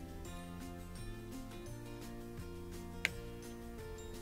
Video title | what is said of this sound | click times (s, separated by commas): ✨ Miele Washer - Won’t Fill - Easy DIY Fix ✨ | is going to squeeze that until it clicks | 3.0 s